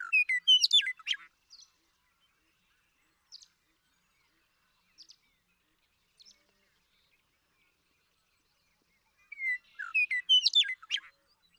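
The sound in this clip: Western meadowlark song: a rich burst of whistles and gurgles, then a few soft isolated chips, and the song repeated near the end.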